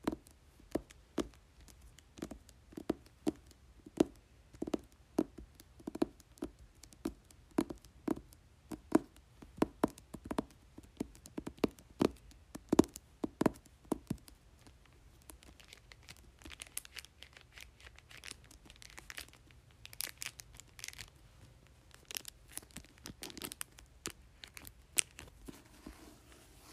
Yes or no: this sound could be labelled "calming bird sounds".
no